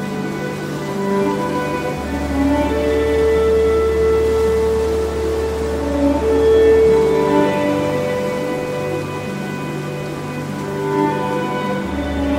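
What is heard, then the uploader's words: Soft violin music plays over a steady wind-like hiss, with long sustained bowed notes that hold for a few seconds before shifting. A deep low drone swells in around two seconds and fades near seven, returning at the end. Loudness stays even throughout. ASMR relaxing wind sounds with relaxing violin music.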